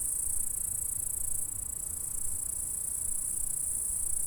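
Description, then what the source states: Insects give a continuous high, sizzling stridulation at a constant level with no pauses, over low background noise. Stridulation heard in a meadow at Saint-François-de-Sales, France, recorded on a Zoom H4 recorder.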